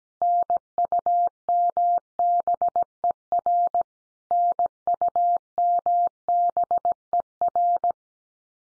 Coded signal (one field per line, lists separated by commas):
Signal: Morse code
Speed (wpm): 17 wpm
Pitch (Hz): 700 Hz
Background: none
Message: NUMBER NUMBER